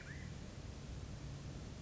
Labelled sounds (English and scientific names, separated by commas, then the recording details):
California Quail (Callipepla californica)
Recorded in Sonoma County, California